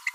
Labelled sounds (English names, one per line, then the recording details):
Green-rumped Parrotlet babbling
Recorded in a nest box in Venezuela
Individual 18B25A5